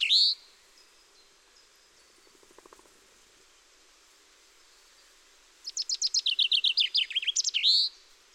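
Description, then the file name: Common chaffinch song: a short note at the start, then after a pause a fast run of bright notes that descends and ends in a sharp flourish. "Fringilla coelebs"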